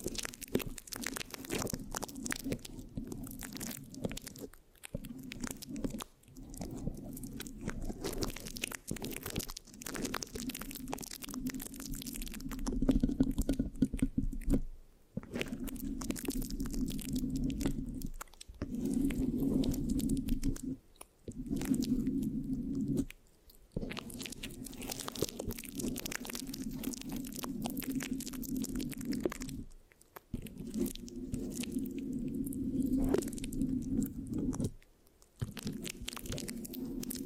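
Scratching and sticky rubbing on a microphone, a dense crackly texture that runs almost without pause, with a steady low buzz underneath. Brief silent breaks fall around 5, 15, 21, 30 and 35 seconds, and the scratching gets louder and grittier near 13 and 33 seconds.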